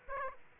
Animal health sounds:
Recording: mosquito wingbeat signal from an infrared sensor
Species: Aedes aegypti

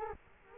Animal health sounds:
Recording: mosquito wingbeat signal from an infrared sensor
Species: Culex quinquefasciatus

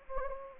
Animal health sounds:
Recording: mosquito wingbeat signal from an infrared sensor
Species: Anopheles gambiae

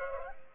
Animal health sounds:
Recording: mosquito wingbeat signal from an infrared sensor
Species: Culex pipiens

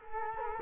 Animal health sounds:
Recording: mosquito wingbeat signal from an infrared sensor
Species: Culex quinquefasciatus

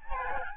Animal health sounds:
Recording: mosquito wingbeat signal from an infrared sensor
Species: Aedes albopictus

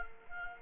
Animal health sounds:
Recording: mosquito wingbeat signal from an infrared sensor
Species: Culex quinquefasciatus

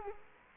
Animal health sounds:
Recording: mosquito wingbeat signal from an infrared sensor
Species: Culex quinquefasciatus

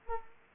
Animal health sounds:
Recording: mosquito wingbeat signal from an infrared sensor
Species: Anopheles arabiensis

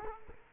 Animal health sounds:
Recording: mosquito wingbeat signal from an infrared sensor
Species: Culex quinquefasciatus

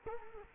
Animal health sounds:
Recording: mosquito wingbeat signal from an infrared sensor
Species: Culex quinquefasciatus

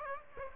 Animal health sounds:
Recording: mosquito wingbeat signal from an infrared sensor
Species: Aedes aegypti

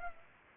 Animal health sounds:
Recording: mosquito wingbeat signal from an infrared sensor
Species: Culex pipiens

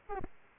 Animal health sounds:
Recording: mosquito wingbeat signal from an infrared sensor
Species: Aedes albopictus

